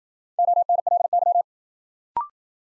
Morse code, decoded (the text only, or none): ONLY